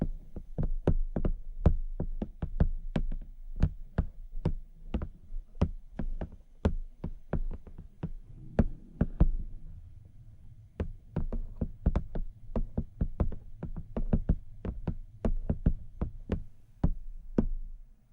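Dry tapping on a camera repeats in quick, fairly regular bursts, each tap a sharp click with a soft low thump beneath it. The taps run steadily through the whole stretch, with a brief slower patch just before the middle and a quiet low rumble underneath.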